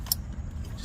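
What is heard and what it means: A connector on the air suspension compressor of a 2007–2013 BMW X5 E70 is pushed on during a compressor replacement. A sharp click at 0.1 s shows it seating. Low hum and faint handling noise fill the rest of the clip.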